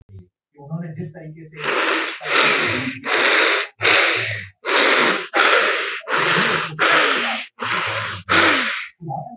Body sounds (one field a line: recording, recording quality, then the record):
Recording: shallow breathing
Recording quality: moderate, slight background noise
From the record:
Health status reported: healthy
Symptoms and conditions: none ticked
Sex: male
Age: 54 years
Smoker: not ticked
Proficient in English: yes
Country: India